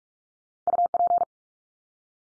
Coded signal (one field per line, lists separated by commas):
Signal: Morse code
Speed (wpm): 44 wpm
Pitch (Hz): 700 Hz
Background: none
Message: UP